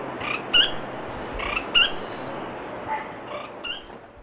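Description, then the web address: Chestnut-throated spinetail giving short sharp chipping notes, over a steady high whine and soft background hiss. Ecuador. "Birds of Ecuador. Chestnut-throated Spinetail"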